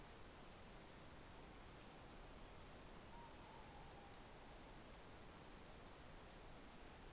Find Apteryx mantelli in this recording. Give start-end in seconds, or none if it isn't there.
none